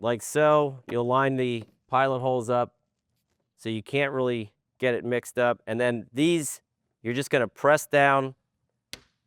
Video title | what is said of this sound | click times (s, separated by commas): Vesta Wall Cabinet Assembly | and they are they will lock into place. | 8.9 s